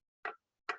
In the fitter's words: you just need to give it a little twist after insertion. Can you see that? So that you get a little click.